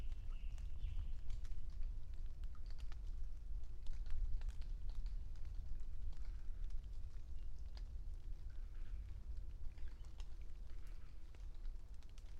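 A passing thunderstorm over aspens and pines: a deep, steady low rumble runs under the whole clip. Scattered sharp ticks and patters, like drops striking leaves, land irregularly throughout, and a faint brief chirp sounds near the start.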